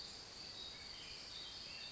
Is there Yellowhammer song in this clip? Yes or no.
no